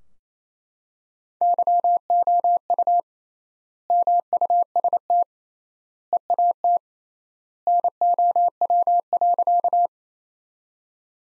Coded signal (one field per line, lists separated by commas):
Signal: Morse code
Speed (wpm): 27 wpm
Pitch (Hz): 700 Hz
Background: none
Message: YOU MUST EAT NOW.